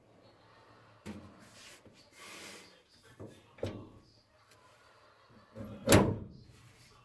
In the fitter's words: as you can see it did lock in place so let's go ahead and mark